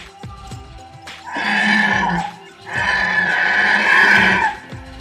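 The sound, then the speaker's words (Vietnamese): A mythical beast with a tiger-like hide, yellow-green body and crocodile-like claws, its tail in water, gives two long, loud roaring cries, like a tiger crossed with a bellowing buffalo, each rough and strained with a brief pause between them. No one speaks. “Thiên Ngô phát ra tiếng kêu như hổ, như trâu.”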